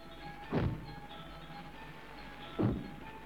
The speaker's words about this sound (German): Schritte. Schwer dröhnende Schritte. Nicht von Menschen. Es kommt näher. Durch die Ahornallee im Park.